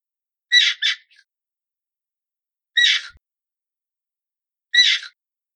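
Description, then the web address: Hyrax harsh calls: an opening double squawk, then two single rasping bursts spaced about two seconds apart. "aswat Wabbar"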